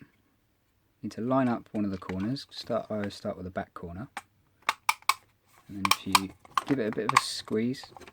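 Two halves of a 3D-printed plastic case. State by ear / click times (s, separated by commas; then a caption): not seated / none. Someone talks while lining up the two halves of a 3D-printed plastic case at the back corner, ready to squeeze them together. A few short, sharp handling taps are heard around 4.7 to 5.1 seconds between the talking. Nothing has seated or clicked yet.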